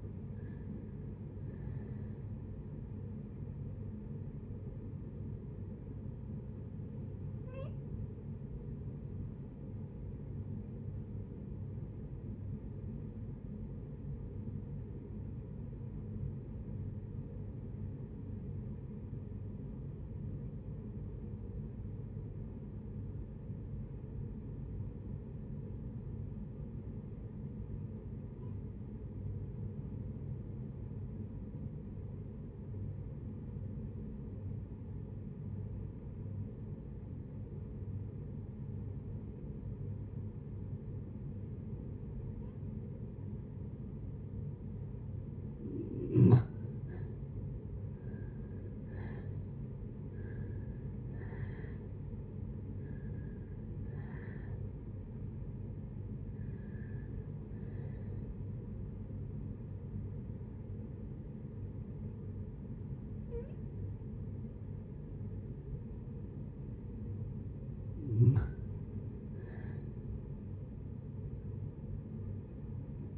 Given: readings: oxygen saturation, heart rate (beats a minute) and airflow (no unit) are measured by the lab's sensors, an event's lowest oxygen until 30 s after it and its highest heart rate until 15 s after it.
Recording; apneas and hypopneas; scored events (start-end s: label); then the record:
breathing in sleep by a smartphone at the bedside; 1
12.00-46.30 s: obstructive apnea (REM, oxygen 93% highest, then 60% lowest, heart rate 67 at the start, 82 highest)
From the record:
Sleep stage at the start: REM sleep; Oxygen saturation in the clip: 60 to 93%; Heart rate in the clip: 54 to 82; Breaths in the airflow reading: 9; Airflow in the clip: -7.2 to 8.9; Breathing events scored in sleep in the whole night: 496 in 5.4 hours asleep